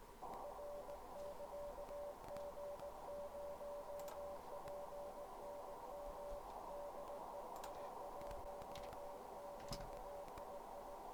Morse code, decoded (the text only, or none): R <KA> G0PNM DE I1QII